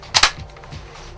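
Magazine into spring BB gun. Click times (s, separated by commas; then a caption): 0.2 s. A magazine is pushed into an M47A spring BB gun with the safety on. Two sharp, bright clicks ring out at 0.2 s and 0.2 s over faint background noise, and the magazine is seated fully in the gun.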